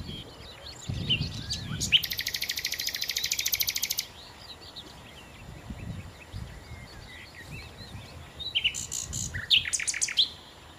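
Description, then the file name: Common nightingale song opening with sharp notes into a two-second harsh, rapid rattle, a pause, then clipped rattling phrases; soft chirps of other birds around. "Nachtigall"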